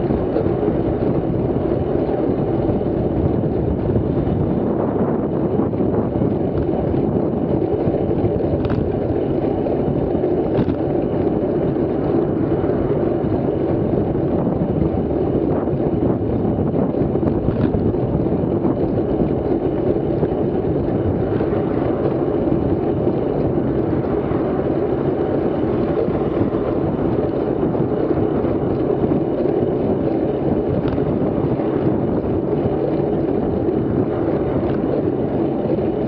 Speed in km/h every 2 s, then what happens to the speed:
31, 30, 32, 28, 30, 31, 29, 27, 28, 30, 27, 27, 30, 26, 26, 26, 27, 25.
0-36 steady at about 28.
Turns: none.